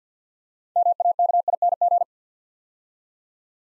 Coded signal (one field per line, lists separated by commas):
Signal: Morse code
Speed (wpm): 50 wpm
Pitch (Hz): 700 Hz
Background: none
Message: MAKING